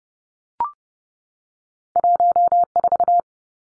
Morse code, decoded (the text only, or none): 14